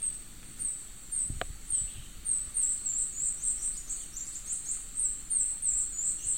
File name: Minute hermit